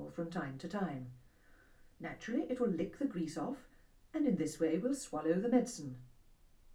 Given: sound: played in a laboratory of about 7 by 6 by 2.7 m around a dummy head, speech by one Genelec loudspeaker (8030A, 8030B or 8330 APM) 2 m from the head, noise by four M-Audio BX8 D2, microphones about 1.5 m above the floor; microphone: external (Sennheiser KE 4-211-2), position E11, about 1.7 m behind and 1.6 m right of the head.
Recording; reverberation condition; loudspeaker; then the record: female speech in English; low; 60 degrees to the right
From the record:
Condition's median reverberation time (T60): about 310 ms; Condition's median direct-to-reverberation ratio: about 3.5 dB